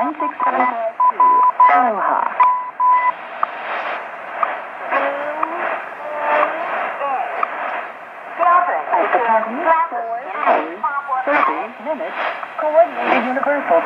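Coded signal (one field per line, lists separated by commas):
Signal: radio time signal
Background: speech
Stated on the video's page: BPM shortwave standard time station on 15.000 MHz, Morse heard at the hour and half hour, compared across six radios.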